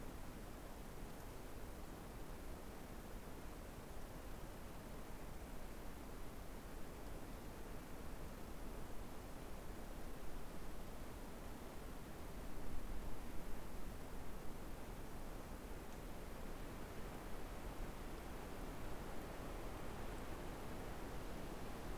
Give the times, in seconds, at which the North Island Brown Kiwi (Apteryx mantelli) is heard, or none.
none